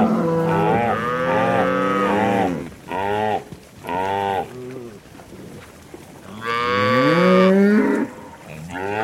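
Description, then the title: Cow: cattle moos, a long sustained moo, then shorter moos, and a long call that rises steadily in pitch. "Eco-Moo-tion: The Ecological Soundscape of Cow Conversations"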